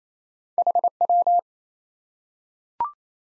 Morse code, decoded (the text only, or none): HW